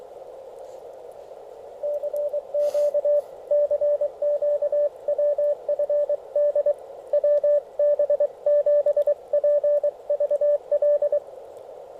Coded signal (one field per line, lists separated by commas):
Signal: Morse code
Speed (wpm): 22 wpm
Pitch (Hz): 590 Hz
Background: radio noise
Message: CQ CQ WFD WB7PVL